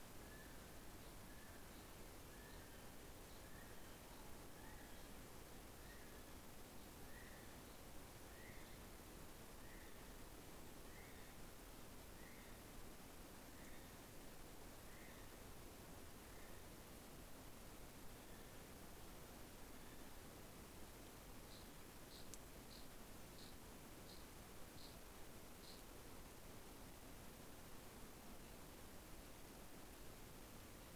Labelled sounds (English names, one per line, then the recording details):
North Island Brown Kiwi male call
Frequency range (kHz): North Island Brown Kiwi 1.5-4.6 kHz
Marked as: faintness 4/5
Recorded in New Zealand on 12 February 2013
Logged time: 22:59
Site DH65